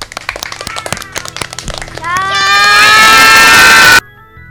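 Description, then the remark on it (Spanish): A group of primary schoolchildren, boys and girls of a school, claps and cheers as a farewell applause: scattered clapping swells into loud, high-pitched shouting that holds steady for a couple of seconds before cutting off abruptly. “Muy bien, nos despedimos entonces hasta el jueves que viene con este aplauso de los chicos y las chicas de la Escuela 24.”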